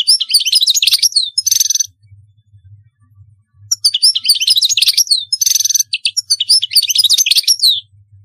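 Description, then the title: European goldfinch song in two bursts of rapid tinkling chirps with buzzy rattles, divided by a pause of about two seconds. "Chant Chardonneret"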